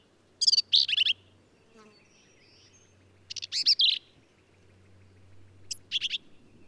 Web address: birdsongforthecurious Black-capped Vireo